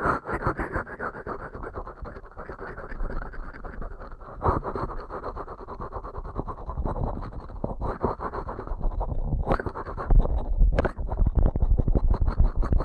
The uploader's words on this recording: ASMR Ear Cleaning at Helicopter Speed for the Heavily Immune (No Talking).